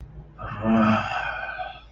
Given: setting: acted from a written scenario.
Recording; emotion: vocal sound without words; contempt